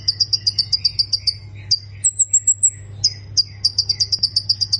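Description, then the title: Plain prinia song of rapid, high, repeated buzzy notes, broken by a short string of thinner, even higher notes before the fast series resumes; constant low hum. "Ciblek Sawah"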